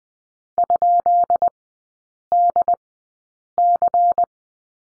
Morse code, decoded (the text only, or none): ?DC